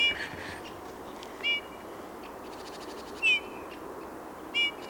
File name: Pyrrhula pyrrhula